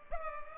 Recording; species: mosquito wingbeat signal from an infrared sensor; Culex pipiens